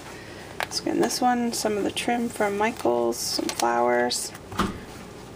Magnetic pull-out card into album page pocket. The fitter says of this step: you get it in the right spot you snap in place